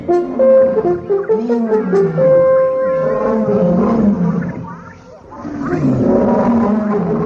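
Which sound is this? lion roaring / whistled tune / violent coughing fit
lion roaring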